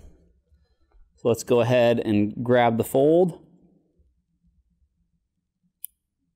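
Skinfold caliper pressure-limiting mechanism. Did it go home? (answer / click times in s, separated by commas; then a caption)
yes / 5.9 s. Someone talks while a skin fold on the back of the upper arm is grabbed and a plastic skinfold caliper is closed on the triceps fold. The caliper's pressure-limiting mechanism gives a sharp, brief click at 5.8 s, confirming it has reached the measuring pressure.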